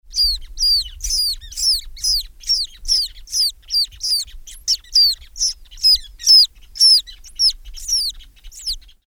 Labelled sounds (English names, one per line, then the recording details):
Ruddy Turnstone
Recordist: Tembrock, Günter
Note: Rufe von frisch geschlüpften Küken